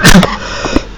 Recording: coughing